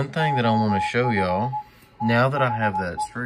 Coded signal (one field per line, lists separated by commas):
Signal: Morse code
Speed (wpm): 20 wpm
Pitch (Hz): 850 Hz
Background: speech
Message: OF THE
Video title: MFJ-464 CW Keyer/Reader Decoding issue with Icom-7300 and Decoding of W1AW Freq on 40M